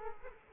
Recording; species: mosquito wingbeat signal from an infrared sensor; Culex quinquefasciatus